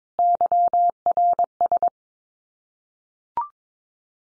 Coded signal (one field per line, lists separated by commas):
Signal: Morse code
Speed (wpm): 22 wpm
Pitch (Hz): 700 Hz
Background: none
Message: YRS